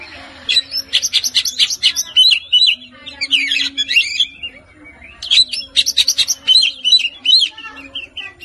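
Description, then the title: Oriental magpie-robin giving fast, dense chattering and scratchy warbles in two long bursts, with a low hum behind. "Kacer"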